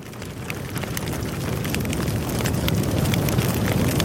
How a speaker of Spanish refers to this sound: El crepitar del fuego nos anuncia la llegada de Salduye.